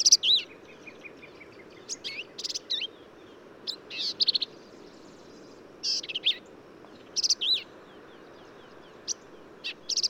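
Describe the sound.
Black-capped vireo song: a varied run of short phrases mixing sharp chips, slurred whistles and buzzy notes, given with short pauses, with light background hiss.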